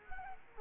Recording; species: mosquito wingbeat signal from an infrared sensor; Culex quinquefasciatus